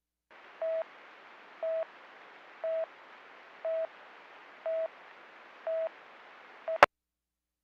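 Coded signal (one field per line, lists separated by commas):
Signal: none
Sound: radio talk-permit beeps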